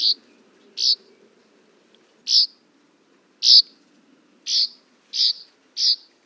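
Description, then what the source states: Northern Rough-winged Swallow uttering single rasping buzzy notes, spaced unevenly at first, then coming faster toward the end, over a faint low hum. Calls likened to laser guns.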